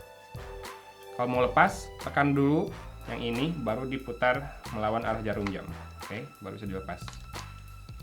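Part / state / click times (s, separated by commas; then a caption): kit lens onto mirrorless camera bayonet mount / not seated / none. A kit lens of metal and plastic is handled at the bayonet mount of a Canon EOS M200 mirrorless camera while someone talks over background music. Two faint sudden sounds come near the end, at 7.9 s and 8.0 s. Nothing has seated or clicked yet: the lens is not yet locked onto the mount.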